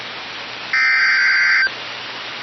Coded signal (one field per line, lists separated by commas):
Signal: Emergency Alert System (SAME) tones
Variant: header bursts